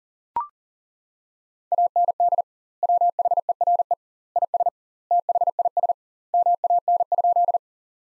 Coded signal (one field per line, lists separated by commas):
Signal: Morse code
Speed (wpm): 37 wpm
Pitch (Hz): 700 Hz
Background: none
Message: AND WHERE IS THIS MAN?